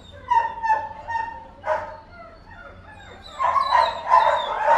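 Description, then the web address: Dog barking: a few sharp barks early, a single bark near the middle, then a louder, denser cluster of barks toward the end. More than one dog barking. "Tom Hutchings Dogs Barking"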